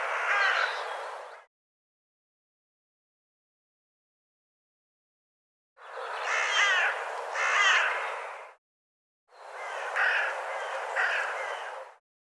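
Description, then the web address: Bird giving harsh, nasal cawing calls in three bursts: a short one at the start, then two longer runs after a long silence. "cianscape birddata"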